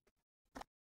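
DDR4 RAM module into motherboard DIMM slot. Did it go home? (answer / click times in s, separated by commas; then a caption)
yes / 0.6 s. The second Crucial Pro DDR4 3200MHz RAM stick from a 32GB two-DIMM kit (CP2K16G4DFRA32A) is pressed into its motherboard DIMM slot. A few faint ticks come first, then a sharp, louder click at 0.6 s as the retention clips latch and the module seats.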